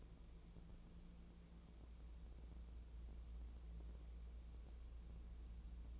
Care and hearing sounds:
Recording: daily activity, microphone in the room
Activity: wipe stove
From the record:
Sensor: 1

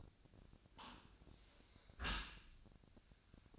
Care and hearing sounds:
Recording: daily activity, microphone in the room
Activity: close dishwasher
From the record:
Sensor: 2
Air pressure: 1003.0 hPa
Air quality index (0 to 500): 199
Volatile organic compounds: 6 ppm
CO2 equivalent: 1890 ppm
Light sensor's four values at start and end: 15/35/15/16 and 14/35/15/16

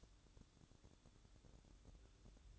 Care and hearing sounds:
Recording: daily activity, microphone in the room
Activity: light on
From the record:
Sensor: 3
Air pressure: 1007.9 hPa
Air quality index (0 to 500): 98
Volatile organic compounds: 1 ppm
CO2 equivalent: 820 ppm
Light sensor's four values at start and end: 9/22/9/9 and 15/40/16/15

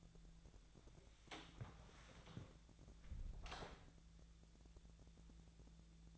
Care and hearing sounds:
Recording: daily activity, microphone in the room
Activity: close door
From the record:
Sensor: 3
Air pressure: 1000.5 hPa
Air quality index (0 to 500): 181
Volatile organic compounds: 4 ppm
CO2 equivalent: 1570 ppm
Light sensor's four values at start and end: 12/29/12/13 and 12/29/12/13

